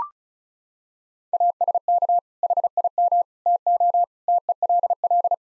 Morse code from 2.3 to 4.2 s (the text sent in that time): HIM TO